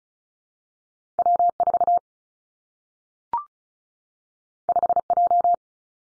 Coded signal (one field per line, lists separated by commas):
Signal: Morse code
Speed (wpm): 36 wpm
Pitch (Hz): 700 Hz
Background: none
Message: W 4 5 J